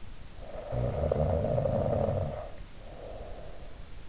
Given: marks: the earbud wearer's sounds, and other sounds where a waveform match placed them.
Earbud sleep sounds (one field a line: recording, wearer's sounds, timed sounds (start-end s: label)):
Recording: sounds in sleep by an in-ear microphone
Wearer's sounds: snoring breath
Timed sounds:
0.39-3.65 s: snoring breath